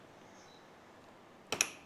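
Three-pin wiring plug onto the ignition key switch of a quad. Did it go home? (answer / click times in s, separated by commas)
yes / 1.5 s, 1.6 s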